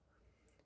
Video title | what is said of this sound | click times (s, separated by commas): Eclipse Phanteks P500A Build, Tips, Common Mistakes & Dragon Center | we got to do so line it up pop it in you hear that little click | 0.5 s